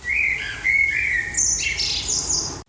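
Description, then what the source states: Eurasian blackbird song, mellow warbled notes followed by higher, thinner twittering phrases, continuous throughout. Winner of a study comparing the songs of 123 native species; varied, rather high and not very loud songs were liked most.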